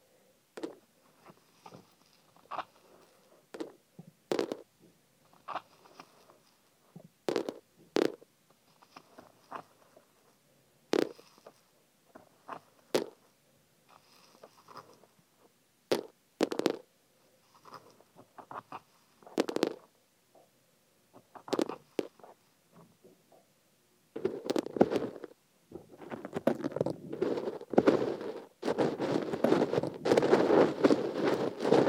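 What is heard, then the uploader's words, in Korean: Sesame seeds being put into an ear: sparse soft taps and rustles for about twenty-four seconds, then dense continuous crackling rustle to the end. 귀에 참깨 넣는 소리.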